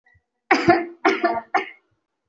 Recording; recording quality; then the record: heavy voluntary cough; excellent, no background noise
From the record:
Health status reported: COVID-19 positive, moderate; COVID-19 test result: positive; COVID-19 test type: RT-PCR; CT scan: taken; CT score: 1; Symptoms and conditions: fever, fatigue, loss of smell and taste, another condition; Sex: female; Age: 30 years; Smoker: no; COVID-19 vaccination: both doses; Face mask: worn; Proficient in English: yes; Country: India